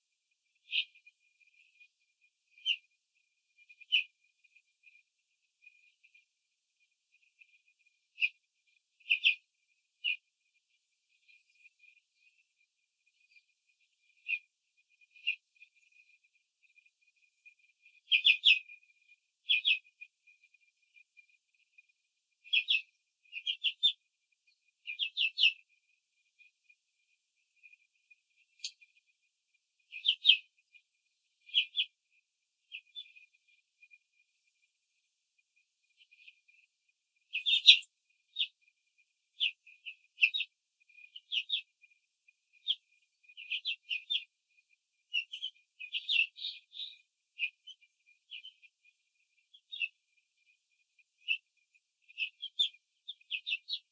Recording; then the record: young laying hens in a cage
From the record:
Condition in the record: control cage, after the stress test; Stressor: none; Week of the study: 4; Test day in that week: 3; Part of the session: 4